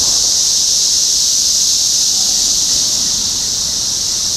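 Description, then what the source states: Cicadas in an unvarying high, shrill buzzing chorus throughout the short excerpt. Cicadas in Topeka, Kansas, on 14 June 2015.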